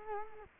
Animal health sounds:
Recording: mosquito wingbeat signal from an infrared sensor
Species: Culex quinquefasciatus

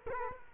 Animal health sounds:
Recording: mosquito wingbeat signal from an infrared sensor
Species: Culex quinquefasciatus

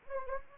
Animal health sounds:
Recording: mosquito wingbeat signal from an infrared sensor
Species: Anopheles gambiae

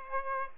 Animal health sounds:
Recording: mosquito wingbeat signal from an infrared sensor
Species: Aedes aegypti

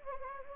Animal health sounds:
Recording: mosquito wingbeat signal from an infrared sensor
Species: Anopheles gambiae

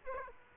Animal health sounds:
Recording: mosquito wingbeat signal from an infrared sensor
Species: Aedes aegypti

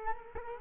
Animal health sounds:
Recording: mosquito wingbeat signal from an infrared sensor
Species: Culex quinquefasciatus

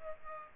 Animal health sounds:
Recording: mosquito wingbeat signal from an infrared sensor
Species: Aedes aegypti

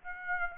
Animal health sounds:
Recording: mosquito wingbeat signal from an infrared sensor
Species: Aedes aegypti

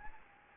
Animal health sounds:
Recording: mosquito wingbeat signal from an infrared sensor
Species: Anopheles gambiae

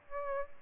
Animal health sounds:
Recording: mosquito wingbeat signal from an infrared sensor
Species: Aedes albopictus

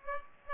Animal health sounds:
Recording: mosquito wingbeat signal from an infrared sensor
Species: Aedes aegypti

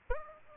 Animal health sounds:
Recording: mosquito wingbeat signal from an infrared sensor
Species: Aedes aegypti

